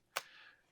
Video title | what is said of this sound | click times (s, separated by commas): Pixel Tablet 1 Month Review | it also has you unlock it | 0.2 s